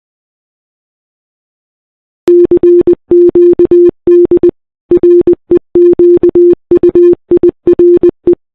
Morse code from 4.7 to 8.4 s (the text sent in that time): REQUIRE